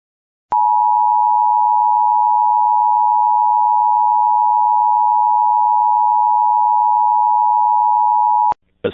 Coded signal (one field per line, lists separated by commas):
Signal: Emergency Alert System (SAME) tones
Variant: 853 and 960 Hz attention tone